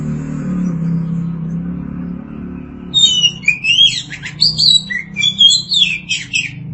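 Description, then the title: Oriental magpie-robin singing after a quiet start, a lively string of sweet whistles and rapid chirpy notes, with a low droning hum underneath. Birdsong (kicauan). "Suara Kicauan Burung Kacer"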